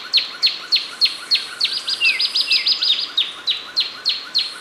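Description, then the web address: Sepia-brown wren calls: sharp downslurred notes repeated about three times a second, with a brief rapid trill in the middle and a soft slurred whistle beneath. Recorded in Ecuador. "Natures Songs S America Birds of Ecuador Sepia-brown Wren"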